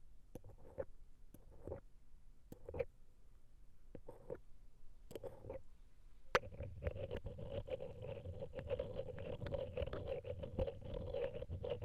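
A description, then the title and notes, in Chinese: A stainless steel ear pick works. For the first six seconds there are only sparse, sharp clicks and light scrapes. After a sharp tap near the midpoint, the scraping turns continuous and dense, with a faint steady ringing tone underneath. 不鏽鋼掏耳棒 ASMR。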